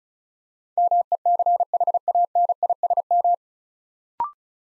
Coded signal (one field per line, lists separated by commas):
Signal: Morse code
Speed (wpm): 36 wpm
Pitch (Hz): 700 Hz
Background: none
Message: MECHANISM